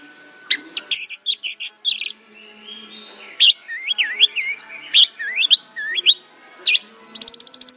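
Orange-headed thrush song: a varied run of sharp whistled notes, rising and falling slurs, ending in a rapid high trill of about ten notes.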